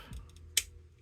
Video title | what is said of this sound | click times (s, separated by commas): Transformers -- Studio Series: 86-31 (Commander Class) Optimus Prime | and that will click into place. | 0.6 s